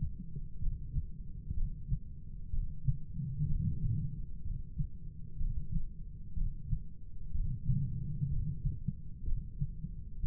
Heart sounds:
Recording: heart sounds by stethoscope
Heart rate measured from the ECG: 62 bpm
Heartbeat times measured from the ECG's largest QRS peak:
0.61 s: heartbeat
1.56 s: heartbeat
2.52 s: heartbeat
3.49 s: heartbeat
4.44 s: heartbeat
5.40 s: heartbeat
6.37 s: heartbeat
7.33 s: heartbeat
8.30 s: heartbeat
9.26 s: heartbeat
10.22 s: heartbeat
From the record:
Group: heart failure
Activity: rest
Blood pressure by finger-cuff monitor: 116/81 mmHg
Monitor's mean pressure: 94 mmHg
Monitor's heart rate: 63 bpm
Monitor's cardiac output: 6.1 L/min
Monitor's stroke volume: 97 mL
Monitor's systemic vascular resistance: 1140 dyn s/cm5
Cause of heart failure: non-ischemic cardiomyopathy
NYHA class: 1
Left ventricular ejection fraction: 25%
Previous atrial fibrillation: present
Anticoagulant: apixaban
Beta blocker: bisoprolol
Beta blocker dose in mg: 7.5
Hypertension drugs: sacubitril-valsartan, spironolactone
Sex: male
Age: 48 years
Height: 183 cm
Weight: 96 kg

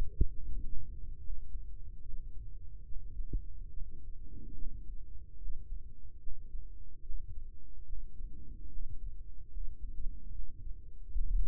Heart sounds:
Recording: heart sounds by microphone in the right ear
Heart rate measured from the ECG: 72 bpm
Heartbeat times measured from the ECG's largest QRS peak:
0.37 s: heartbeat
1.20 s: heartbeat
2.01 s: heartbeat
2.85 s: heartbeat
3.70 s: heartbeat
4.54 s: heartbeat
5.38 s: heartbeat
6.20 s: heartbeat
7.02 s: heartbeat
7.85 s: heartbeat
8.69 s: heartbeat
9.50 s: heartbeat
10.32 s: heartbeat
11.13 s: heartbeat
From the record:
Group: healthy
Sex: male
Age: 55 years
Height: 167 cm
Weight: 57.2 kg

